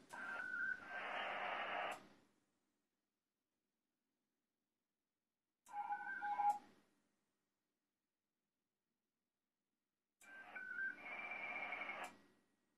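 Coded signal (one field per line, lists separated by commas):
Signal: HF data modem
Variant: ARDOP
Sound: three short warbling multi-tone data bursts, separated by silent gaps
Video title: Piin likiarvon lähetys Ardop Winlink -protokollalla OH2RBB linkkiaseman kautta lokaatiosta KP10WR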